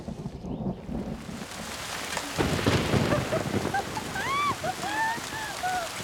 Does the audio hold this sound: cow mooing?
no